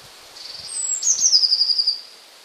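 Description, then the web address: Eurasian blue tit song: a thin, high descending note leading into a quick trill of about nine bright notes. "wroblowe kolekcja modraszka"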